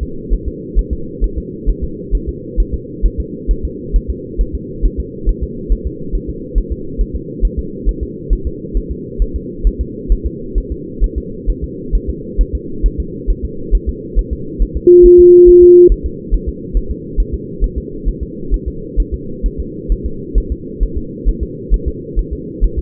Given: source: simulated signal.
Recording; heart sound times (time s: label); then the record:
fetal heart sounds
0.03 s: S2
0.34 s: S1
0.48 s: S2
0.79 s: S1
0.93 s: S2
1.24 s: S1
1.38 s: S2
1.69 s: S1
1.84 s: S2
2.15 s: S1
2.29 s: S2
2.60 s: S1
2.74 s: S2
3.06 s: S1
3.20 s: S2
3.51 s: S1
3.65 s: S2
3.96 s: S1
4.10 s: S2
4.41 s: S1
4.55 s: S2
4.85 s: S1
5.00 s: S2
5.29 s: S1
5.43 s: S2
5.72 s: S1
5.87 s: S2
6.15 s: S1
6.30 s: S2
6.58 s: S1
6.72 s: S2
7.01 s: S1
7.16 s: S2
7.45 s: S1
7.59 s: S2
7.89 s: S1
8.03 s: S2
8.33 s: S1
8.47 s: S2
8.77 s: S1
8.92 s: S2
9.22 s: S1
9.36 s: S2
9.67 s: S1
9.81 s: S2
10.12 s: S1
10.27 s: S2
10.58 s: S1
10.72 s: S2
11.04 s: S1
11.18 s: S2
11.50 s: S1
11.64 s: S2
11.95 s: S1
12.09 s: S2
12.41 s: S1
12.55 s: S2
12.86 s: S1
13.00 s: S2
13.30 s: S1
13.45 s: S2
13.75 s: S1
13.89 s: S2
14.19 s: S1
14.33 s: S2
14.62 s: S1
14.77 s: S2
15.06 s: S1
15.20 s: S2
15.49 s: S1
15.63 s: S2
15.92 s: S1
16.06 s: S2
16.34 s: S1
16.49 s: S2
16.77 s: S1
16.91 s: S2
17.20 s: S1
17.34 s: S2
17.64 s: S1
17.78 s: S2
18.09 s: S1
18.23 s: S2
18.54 s: S1
18.68 s: S2
19.00 s: S1
19.14 s: S2
19.46 s: S1
19.60 s: S2
19.92 s: S1
20.06 s: S2
20.38 s: S1
20.52 s: S2
20.83 s: S1
20.98 s: S2
21.29 s: S1
21.43 s: S2
21.74 s: S1
21.88 s: S2
22.19 s: S1
22.33 s: S2
22.64 s: S1
22.78 s: S2
From the record:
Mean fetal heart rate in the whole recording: 135 bpm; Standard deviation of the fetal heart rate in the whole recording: 3 bpm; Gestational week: 36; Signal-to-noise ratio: -4.3 dB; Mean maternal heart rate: 72 bpm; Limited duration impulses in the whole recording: present